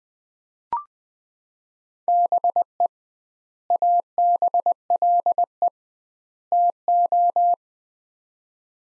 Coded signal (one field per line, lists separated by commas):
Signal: Morse code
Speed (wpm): 20 wpm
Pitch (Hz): 700 Hz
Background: none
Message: BE ABLE TO